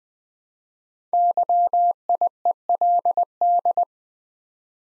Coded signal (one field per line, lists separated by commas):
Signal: Morse code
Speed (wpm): 20 wpm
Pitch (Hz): 700 Hz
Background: none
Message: YIELD